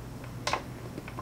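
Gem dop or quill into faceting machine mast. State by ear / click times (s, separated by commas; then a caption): not seated / none. A faceting dop and quill are handled on the mast of a faceting machine while the setup is adjusted so the table of a Washington state nephrite jade stone can be polished. Short sharp ticks are heard at about 0.5 s and again right at the end at 1.3 s, over a low steady background. Nothing has seated or locked into place yet.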